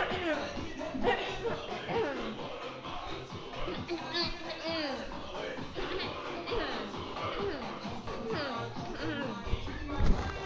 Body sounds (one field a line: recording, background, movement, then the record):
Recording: throat clearing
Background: music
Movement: walking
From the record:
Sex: female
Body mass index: 18.3 kg/m2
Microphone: on the chest, facing outward